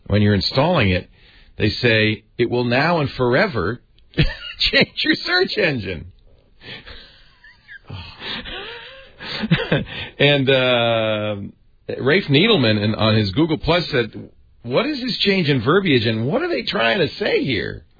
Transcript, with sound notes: When you're installing it, they say it will now and forever change your search engine. [laughing] And Rafe Needleman on his Google+ said, what is this change in verbiage, and what are they trying to say here?